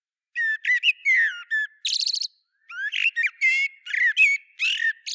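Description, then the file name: Common blackbird giving harsh, squeaky chattering notes with sliding whistles and a buzzy burst, almost continuous throughout with one short pause. "Turdus merula"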